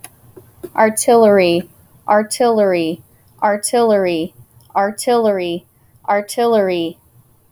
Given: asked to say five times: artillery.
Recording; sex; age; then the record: repeated word; female; 20 to 29 years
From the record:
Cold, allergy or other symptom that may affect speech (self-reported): no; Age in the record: 28 years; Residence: Colorado, United States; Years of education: 16